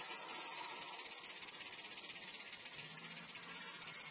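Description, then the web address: Kaempfer cicada droning a continuous high, hissing buzz with no breaks throughout, plus a faint low hum near the end. "ニイニイゼミ. arpla 自然音研究室"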